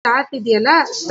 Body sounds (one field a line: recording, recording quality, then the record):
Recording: shallow breathing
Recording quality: poor, much background noise or distortion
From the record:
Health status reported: healthy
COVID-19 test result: negative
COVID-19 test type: RT-PCR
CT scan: not taken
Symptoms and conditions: cough, cold, fever, hypertension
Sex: female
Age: 30 years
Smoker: no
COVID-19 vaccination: both doses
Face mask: worn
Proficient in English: yes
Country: India